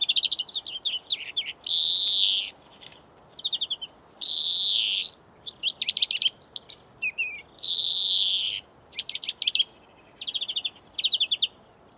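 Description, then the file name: European greenfinch giving rapid twittering trills broken by three drawn-out, buzzy wheezes, with short chirped runs between them. "Chloris chloris"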